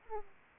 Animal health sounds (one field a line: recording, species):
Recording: mosquito wingbeat signal from an infrared sensor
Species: Aedes aegypti